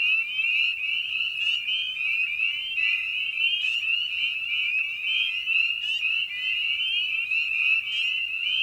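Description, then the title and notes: Spring peeper chorus: many high, upslurred peeps blending into a steady piercing wall of sound, a few sharper individual peeps standing out. Evening at a frog pond. "Episode 5: Night of the Peepers. we return to the frog pond for a meditative evening. Spring Peeper (Pseudacris crucifer). Ian Carlsen"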